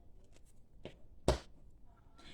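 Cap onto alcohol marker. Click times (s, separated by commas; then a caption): 1.3 s. A plastic cap is pushed back onto an alcohol blend marker, with faint handling taps at 0.4 s and 0.9 s before a sharp click at 1.3 s. The cap seats fully, closing tight so the marker does not dry out. No one talks during the clip, and a soft rustle follows near the end.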